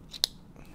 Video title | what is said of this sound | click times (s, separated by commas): Rotor Riot TANQ Build - Ultra-Durable FPV Drone! w/ Let's Fly RC | you get that nice satisfying click | 0.2 s